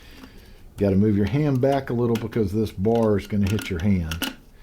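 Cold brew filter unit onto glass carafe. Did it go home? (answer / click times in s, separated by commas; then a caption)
no / none. A COFFEE BEAR cold brew coffee maker's filter unit is being twisted onto its glass carafe while someone talks over faint handling noise. Nothing has seated or clicked yet; the unit is not home on the carafe by the end of the clip.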